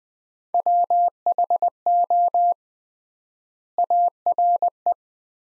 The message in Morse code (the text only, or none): WHO ARE